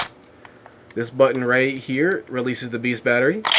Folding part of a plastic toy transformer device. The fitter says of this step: easily just folds in pull up to click in place this